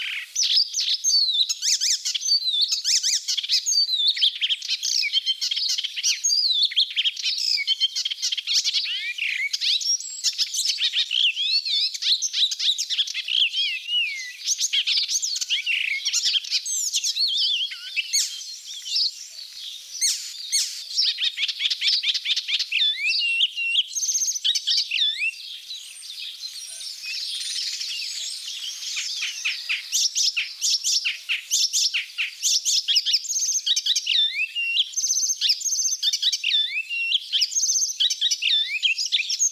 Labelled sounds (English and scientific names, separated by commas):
Icterine Warbler (Hippolais icterina) song